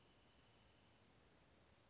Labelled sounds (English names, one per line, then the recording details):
Western Flycatcher
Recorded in Sonoma County, California